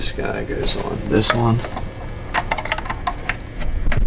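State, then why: Not seated. A crankcase vent hose quick-connect fitting is handled and pushed toward the port of a Ford Performance air-oil separator on a GT350 while someone talks. Short sharp handling taps are heard near 2.5, 2.7, 3.3 and 4.1 seconds. Nothing has seated or clicked yet when the clip ends.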